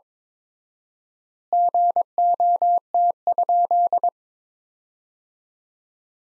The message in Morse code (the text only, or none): GOT?